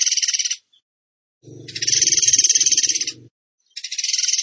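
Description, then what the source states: Bird repeating high rapid trills in three bursts separated by pauses, with a low rumbling noise under the middle burst. Masteran (training recording) in tembakan gacor style.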